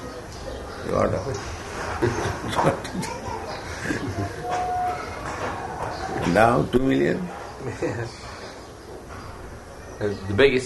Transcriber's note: laughs